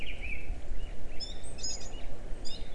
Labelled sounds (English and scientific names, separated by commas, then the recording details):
Song Thrush (Turdus philomelos)
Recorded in Germany
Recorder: ecoPi